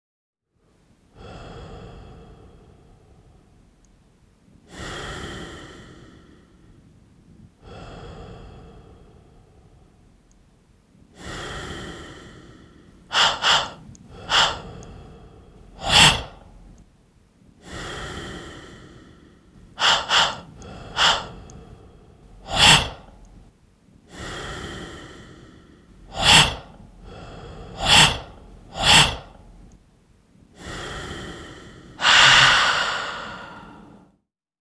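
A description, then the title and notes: A series of short sighs and outbreaths, each a soft airy burst lasting a second or two, arriving every few seconds. Early ones are gentle and breathy; later ones grow sharper and louder, some with a brief voiced edge, the last one strongest. Quiet between. Short sigh study - Instant sound art. Exploring outbreaths.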